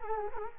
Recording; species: mosquito wingbeat signal from an infrared sensor; Culex quinquefasciatus